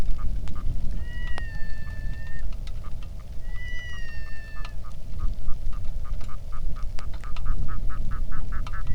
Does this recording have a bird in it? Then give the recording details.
yes. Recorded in the Arctic National Wildlife Refuge, Alaska, on 3 August 2019 at 09:52. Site 46